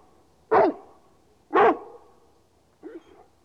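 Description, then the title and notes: Dog giving two loud, abrupt barks a second apart, followed by a much softer, shorter bark. "NHK Sound Effects Collection - 3-Frogs, Crickets, Cicadas, Horses, Dogs. NHK効果音集 - 3-カエル・虫・セミ・ウマ・イヌ"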